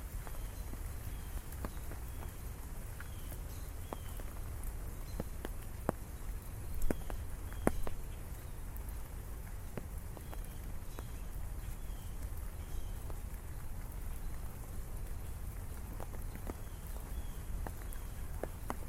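Rain on an umbrella during a walk through the city, a steady low rumble underneath with a faint hiss up top. Short sharp taps and clicks land irregularly throughout, with a few louder knocks around seven and eight seconds.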